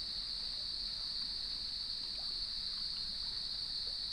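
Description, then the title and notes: Cricket chorus as a continuous shrill ringing tone without pauses, over a faint low rumble of waves. Evening chorus at sunset on the beach of Lighthouse West Natural Area, Leelanau Peninsula, beside gnarled cedar trees, with waves in the background. "Sounds of Leelanau Peninsula: Lighthouse West Natural Area. As I approached the beach, the sun was just setting, and the crickets made themselves known. Nature is my Jam"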